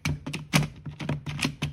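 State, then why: Not seated. A plastic insert piece is pushed against the slot of a plastic toy sword, producing a series of sharp plastic handling taps and rattling clicks. The piece does not fit, and nothing has seated or clicked into place.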